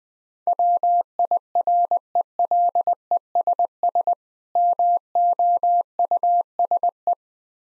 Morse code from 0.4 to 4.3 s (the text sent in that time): WIRELESS